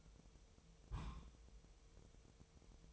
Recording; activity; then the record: daily activity, microphone in the room; place on stove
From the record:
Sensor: 1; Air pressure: 999.3 hPa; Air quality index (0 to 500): 197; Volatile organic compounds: 39 ppm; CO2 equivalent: 3129 ppm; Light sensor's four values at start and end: 9/22/8/9 and 9/22/8/9